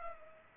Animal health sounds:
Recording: mosquito wingbeat signal from an infrared sensor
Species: Culex pipiens

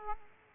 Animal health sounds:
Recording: mosquito wingbeat signal from an infrared sensor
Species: Aedes aegypti

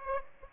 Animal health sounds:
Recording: mosquito wingbeat signal from an infrared sensor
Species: Aedes aegypti

